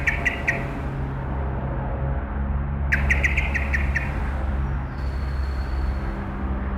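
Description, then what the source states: Common Blackbird giving two rapid series of hard, clicking chirps, the second longer, while road traffic hums steadily underneath. Blackbird emerging from a bush and chirping constantly beside the Auferstehungskirche, Südostviertel, Essen, Germany; passing street traffic.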